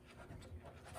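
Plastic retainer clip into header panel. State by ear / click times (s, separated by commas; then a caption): not seated / none. A plastic lobed retainer clip is handled at the hole in a header panel, with soft scratching and rustling heard over a steady low background. Nothing has seated or clicked yet.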